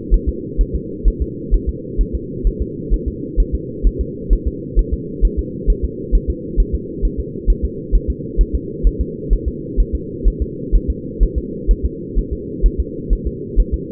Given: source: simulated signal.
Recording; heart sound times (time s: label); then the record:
fetal heart sounds
0.14 s: S1
0.29 s: S2
0.61 s: S1
0.75 s: S2
1.08 s: S1
1.22 s: S2
1.54 s: S1
1.69 s: S2
2.01 s: S1
2.15 s: S2
2.47 s: S1
2.62 s: S2
2.94 s: S1
3.08 s: S2
3.40 s: S1
3.55 s: S2
3.87 s: S1
4.01 s: S2
4.33 s: S1
4.47 s: S2
4.79 s: S1
4.94 s: S2
5.25 s: S1
5.39 s: S2
5.70 s: S1
5.85 s: S2
6.15 s: S1
6.30 s: S2
6.60 s: S1
6.75 s: S2
7.05 s: S1
7.20 s: S2
7.50 s: S1
7.65 s: S2
7.95 s: S1
8.10 s: S2
8.41 s: S1
8.55 s: S2
8.87 s: S1
9.01 s: S2
9.33 s: S1
9.48 s: S2
9.80 s: S1
9.95 s: S2
10.28 s: S1
10.42 s: S2
10.75 s: S1
10.90 s: S2
11.23 s: S1
11.38 s: S2
11.71 s: S1
11.85 s: S2
12.19 s: S1
12.33 s: S2
12.66 s: S1
12.80 s: S2
13.13 s: S1
13.27 s: S2
13.60 s: S1
13.74 s: S2
From the record:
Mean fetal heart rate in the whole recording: 130 bpm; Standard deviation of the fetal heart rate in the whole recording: 2 bpm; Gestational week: 36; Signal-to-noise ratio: -4.1 dB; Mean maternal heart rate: no maternal heart sound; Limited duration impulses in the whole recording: absent